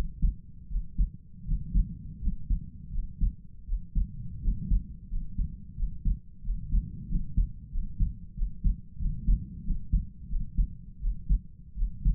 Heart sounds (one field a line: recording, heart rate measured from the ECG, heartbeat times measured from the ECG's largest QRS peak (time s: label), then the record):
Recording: heart sounds by stethoscope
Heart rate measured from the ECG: 87 bpm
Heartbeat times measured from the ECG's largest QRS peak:
0.67 s: heartbeat
1.44 s: heartbeat
2.19 s: heartbeat
2.90 s: heartbeat
3.65 s: heartbeat
4.40 s: heartbeat
5.08 s: heartbeat
5.74 s: heartbeat
6.41 s: heartbeat
7.07 s: heartbeat
7.70 s: heartbeat
8.34 s: heartbeat
8.97 s: heartbeat
9.63 s: heartbeat
10.27 s: heartbeat
10.99 s: heartbeat
11.74 s: heartbeat
From the record:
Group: healthy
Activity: rest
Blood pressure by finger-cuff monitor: 87/56 mmHg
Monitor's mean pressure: 70 mmHg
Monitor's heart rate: 86 bpm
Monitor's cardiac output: 5.4 L/min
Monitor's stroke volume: 60 mL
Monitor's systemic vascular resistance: 790 dyn s/cm5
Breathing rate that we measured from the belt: 24 breaths a minute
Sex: male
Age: 22 years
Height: 181 cm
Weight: 60 kg